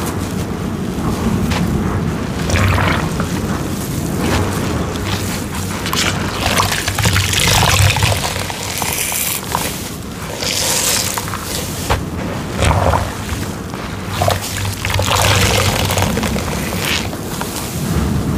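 Wet squelches of a sponge being slowly squeezed, with water pouring and dribbling out in uneven bursts every second or two. A steady hiss of rain runs underneath throughout, and a low hum sits beneath the whole clip.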